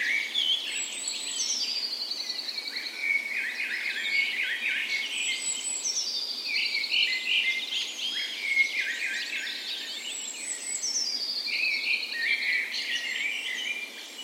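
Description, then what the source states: Birds singing a dawn chorus: a descending trilled phrase recurs every few seconds over a busy mix of other chirps and warbles. Dawn chorus in a park west in Bergen, Norway, on the morning of 17 May, Norway's National Day, in full spring; Sony PCM A10 recorder with LOM micro Usi microphones as "tree ears".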